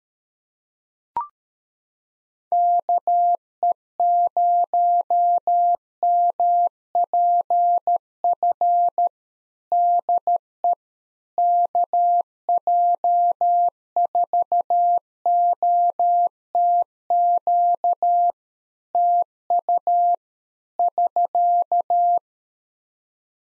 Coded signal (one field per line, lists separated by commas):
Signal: Morse code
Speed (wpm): 13 wpm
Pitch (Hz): 700 Hz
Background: none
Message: KE0MPF DE KJ4OTQ TU <SK>